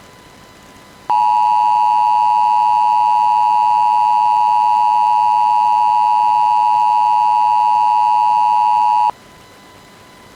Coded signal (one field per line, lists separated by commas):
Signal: Emergency Alert System (SAME) tones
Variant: 853 and 960 Hz attention tone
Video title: EAS - Law Enforcement Warning (Gold Alert) Issued in Delaware for Missing Girl